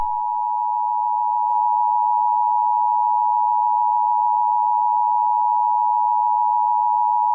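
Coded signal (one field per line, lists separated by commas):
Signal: Emergency Alert System (SAME) tones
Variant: 853 and 960 Hz attention tone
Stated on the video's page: Fictional EAS scenario, simulated.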